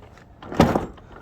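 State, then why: Seated. A Milwaukee Packout modular toolbox organizer is lined up on top of a stacked hard-plastic toolbox and pushed in by the waist. A short click at 0.4 s marks its latch engaging, followed by a louder broadband thump and rattle around 0.6 to 0.8 s, and the module is seated.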